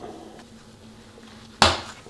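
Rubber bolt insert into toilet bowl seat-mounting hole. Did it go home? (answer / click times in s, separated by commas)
yes / 1.6 s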